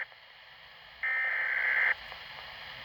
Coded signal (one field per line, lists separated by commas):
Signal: Emergency Alert System (SAME) tones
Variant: header bursts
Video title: (EAS #95) Severe Thunderstorm Watch 6/20/2020